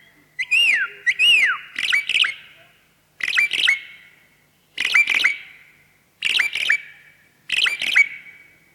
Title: Jalak Uren